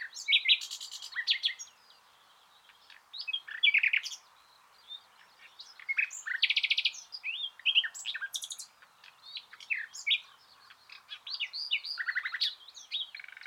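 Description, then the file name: Common nightingale pouring out varied phrases over about fourteen seconds: churrs, quick trills, whistles and sharp chirps in short bursts. "Luscinia megarhynchos"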